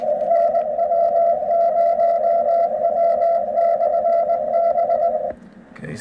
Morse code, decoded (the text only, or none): NW0W/B